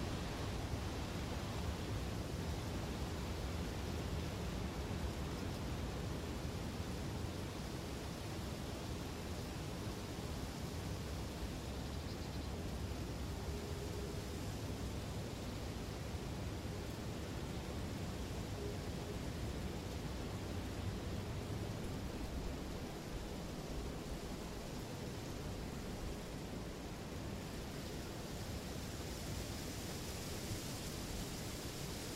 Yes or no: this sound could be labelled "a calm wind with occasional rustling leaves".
yes